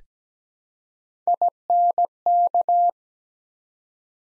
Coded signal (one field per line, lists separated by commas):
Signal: Morse code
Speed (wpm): 17 wpm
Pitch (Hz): 700 Hz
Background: none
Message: INK